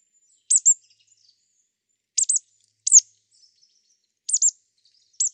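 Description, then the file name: Marsh Tit calls: high, sharp downslurred notes, mostly in pairs, repeated at short irregular intervals. "Poecile palustris"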